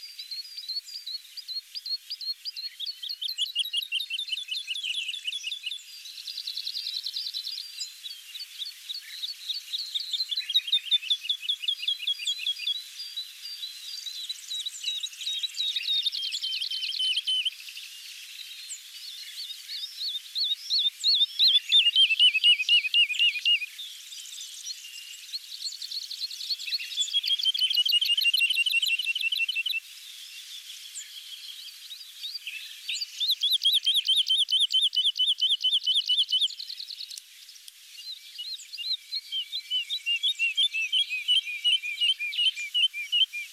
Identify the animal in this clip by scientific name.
Lullula arborea